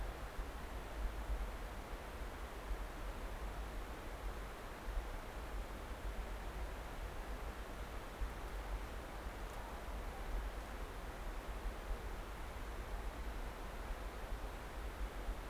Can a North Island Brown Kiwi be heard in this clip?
no